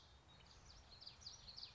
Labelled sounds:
Common Yellowthroat
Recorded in Sonoma County, California

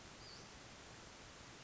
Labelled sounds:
Western Flycatcher
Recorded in Sonoma County, California

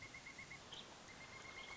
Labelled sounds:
Pileated Woodpecker
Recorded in Sonoma County, California

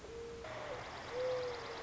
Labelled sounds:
Mourning Dove
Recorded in Sonoma County, California

